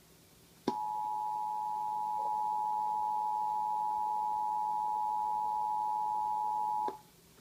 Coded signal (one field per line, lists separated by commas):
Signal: Emergency Alert System (SAME) tones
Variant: 853 and 960 Hz attention tone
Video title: 10/17/2019 emergency alert system: hurricane Nestor